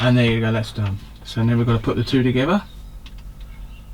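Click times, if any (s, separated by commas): none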